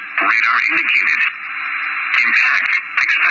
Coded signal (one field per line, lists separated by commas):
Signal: Emergency Alert System (SAME) tones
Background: speech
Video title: So Many Severe Thunderstorms/Tornadoes/Special Marines/Tornado Watches (11/30/22) (EAS 7-23)